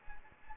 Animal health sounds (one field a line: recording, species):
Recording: mosquito wingbeat signal from an infrared sensor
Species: Anopheles gambiae